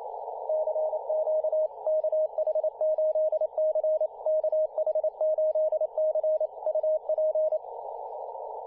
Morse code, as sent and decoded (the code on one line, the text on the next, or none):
-.-. --.- / -.- .... ---.. -.-. / -.- .... ---.. -.-. / ..- .--.
CQ KH8C KH8C UP